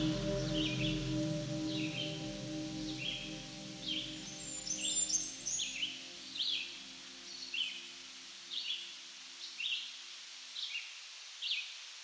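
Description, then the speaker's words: Blackburnian Warbler song, a single extremely high, thin phrase amid repeated chirps, with a low drone that fades out partway through. Male; rapid, high-pitched song sounding like 'tisa, tisa, tisa'; species found high in the canopy of mixed forests in parts of eastern North America. "The male's songs are rapid and high-pitched, such as this song that sounds like Tisa, Tisa, Tisa."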